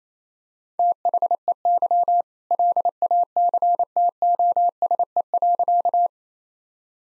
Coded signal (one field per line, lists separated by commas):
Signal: Morse code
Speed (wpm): 28 wpm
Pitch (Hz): 700 Hz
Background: none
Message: THEY LACTOSE.